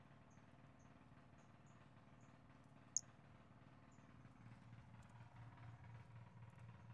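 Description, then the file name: Pumpkin toadlet call: one strong, sharp high chirp, surrounded by several fainter, softer high notes, with a low droning hum underneath. Recorded on 5 February 2016. "Brachycephalus albolineatus 160205"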